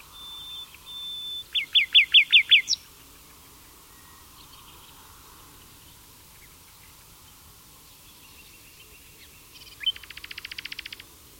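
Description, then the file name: Common nightingale singing: a loud, evenly spaced run of sharp repeated notes, a pause, then a rapid buzzy rattle. "Luscinia megarhynchos"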